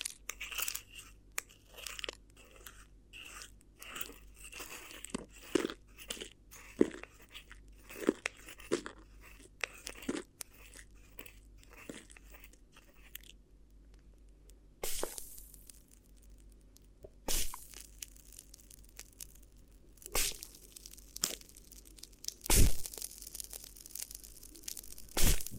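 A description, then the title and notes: Crinkly ear massage: dense crinkling and crunching bursts, rapid and irregular through the first twelve seconds. After a brief lull near fifteen seconds, the crackles return more sparsely as separate sharp rustles, with a steady low hum underneath much of the clip. ASMR Addictive Crinkly Ear Massage (No Talking).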